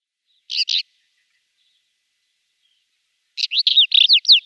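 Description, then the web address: Pied wheatear song: a short scratchy double note, a long pause, then a quick phrase of chattering notes and sharply slurred whistles. "Schulze Peter Pied Wheatear song"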